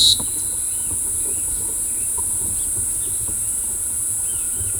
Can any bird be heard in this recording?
no